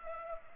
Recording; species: mosquito wingbeat signal from an infrared sensor; Culex pipiens